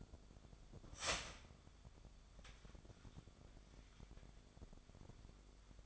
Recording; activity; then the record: daily activity, microphone in the room; start toaster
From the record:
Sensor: 5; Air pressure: 1004.3 hPa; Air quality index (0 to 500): 170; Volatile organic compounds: 4 ppm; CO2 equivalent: 1589 ppm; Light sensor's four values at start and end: 34/109/41/41 and 34/108/41/41